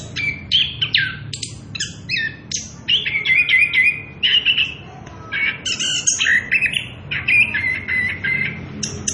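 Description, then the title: Orange-headed thrush in full song, mixing harsh chattering notes with steady whistled tones and rapid rolling phrases. Energetic continuous rolling song (ngerol) at high volume, used as a lure and training recording for young birds (trotolan). "Anis Kembang Gacor. pancingan anis kembang ngerol edan volume dasyattt cocok buat masteran trotolan"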